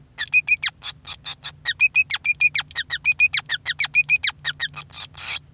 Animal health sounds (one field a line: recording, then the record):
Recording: song of a male Bengalese finch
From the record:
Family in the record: son of father 5